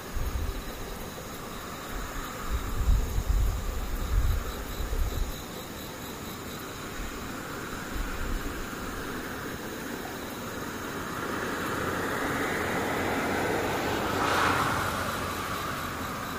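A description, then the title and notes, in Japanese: Rain falls as a steady, dense hiss, with faint, thin insect or cicada tones running high above it. Low rumbling thumps come early, around three to five seconds and again near eight. From about eleven seconds a vehicle-like rumble swells, peaking near fourteen seconds. 雨ムシセミ無音。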